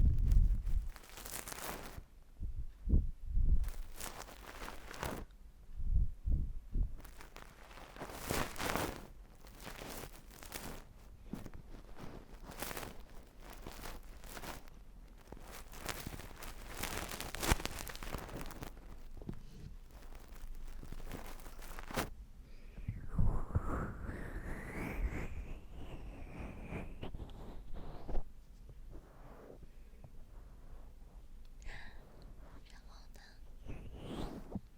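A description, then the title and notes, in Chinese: Ear cleaning: close scratching and rustling strokes come in quick, uneven bursts for the first twenty seconds, with a few sharper taps near the start. After about 22 seconds the scraping turns softer and sparser, with faint squeaky sliding sounds rising in pitch. ASMR 给您进行贴心掏耳朵服务。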